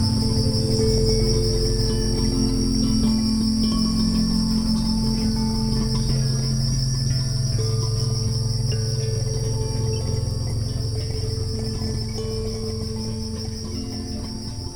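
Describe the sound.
Cricket trilling in a high, regular pulse throughout, over slow ambient music that fades slightly toward the end.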